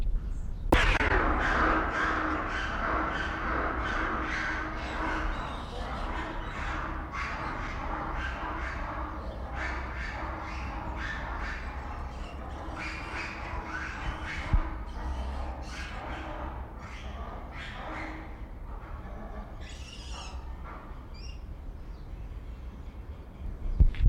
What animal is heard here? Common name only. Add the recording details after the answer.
Japanese Macaque. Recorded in captivity. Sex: male. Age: diverse. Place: Zoo Berlin, Berlin, DE. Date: 1994-03-05 10:05. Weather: heiter, 4°C, Windböen. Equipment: Marantz CP 430, Sennheiser ME 80, Kopie Uher Variocord 263. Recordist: Tembrock, Günter